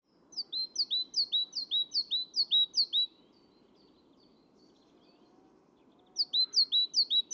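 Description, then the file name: Great tit song of sharp, high descending double notes delivered at a brisk even pace for nearly three seconds, then resuming after a pause of about three seconds. "Parus major"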